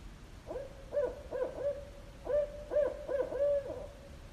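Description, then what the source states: Barred Owl hooting in two rhythmic phrases of several deep, emphatic hoots, the second phrase ending in a drawn-out note, over a quiet background. Barred owls calling at night in New Hampshire.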